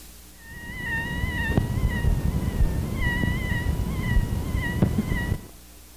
Bronchopleurocutaneous fistula may be accompanied by a bronchial leak squeak. Squeak is a high-pitched sound over the affected chest area during a sustained Valsalva maneuver, the pitch being higher in smaller fistulas than in larger fistulas. This squeak was recorded without a stethoscope directly over a fistula.